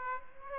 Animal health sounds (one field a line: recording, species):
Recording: mosquito wingbeat signal from an infrared sensor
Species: Aedes aegypti